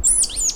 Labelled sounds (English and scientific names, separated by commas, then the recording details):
Stitchbird (Notiomystis cincta) song
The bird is a male
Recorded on Tiritiri Matangi Island, New Zealand, in 2005
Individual 1, of nest box 1